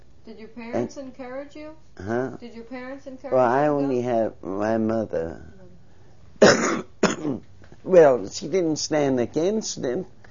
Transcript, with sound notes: Did your parents encourage you?
Huh?
Did your parents encourage you to go?
I only have my mother,, (she coughs) well, she didn't stand against them.